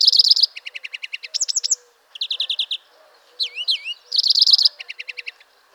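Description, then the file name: European greenfinch twittering in rapid buzzy trills, separated by short gaps, with sweeping looped whistles and quick chip series. "Chloris chloris"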